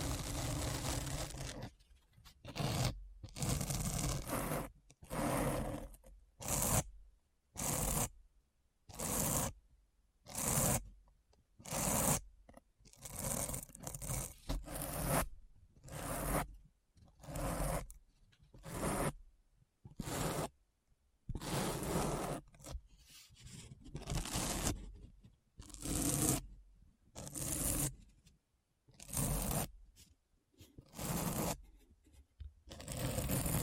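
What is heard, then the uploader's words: Deep scratching comes in short, rough scraping strokes about once a second, each cut off by a moment of silence, lasting the whole clip. ASMR Deep Brain Scratch (No Talking).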